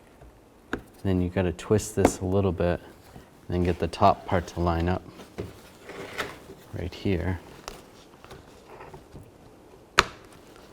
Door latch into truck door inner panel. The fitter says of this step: So that slides right there and locks in place, and then you should be able to lock it in place right there.